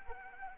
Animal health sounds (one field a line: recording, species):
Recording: mosquito wingbeat signal from an infrared sensor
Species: Anopheles arabiensis